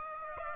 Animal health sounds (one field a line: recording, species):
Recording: mosquito wingbeat signal from an infrared sensor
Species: Aedes aegypti